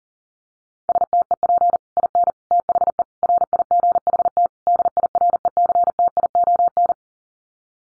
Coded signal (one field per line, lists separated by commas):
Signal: Morse code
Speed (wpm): 40 wpm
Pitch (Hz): 700 Hz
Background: none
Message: STEP IN THE RIGHT DIRECTION